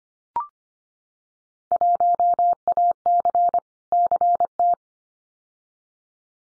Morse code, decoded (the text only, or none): 1AC CT